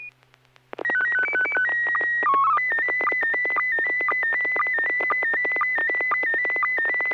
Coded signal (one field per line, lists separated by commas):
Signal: SSTV (slow-scan television)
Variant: PD 120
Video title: N6NA SSTV Net - 03/26/2025